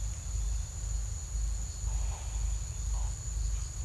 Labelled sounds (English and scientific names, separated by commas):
none